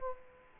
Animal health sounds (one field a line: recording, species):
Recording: mosquito wingbeat signal from an infrared sensor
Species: Culex quinquefasciatus